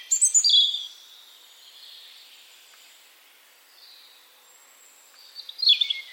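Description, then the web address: European robin song: a short burst of high, sharp twittering notes, a long pause with faint hiss, then another brief high phrase. "Deverinetal 2025 File origin Bird Only Er Ru"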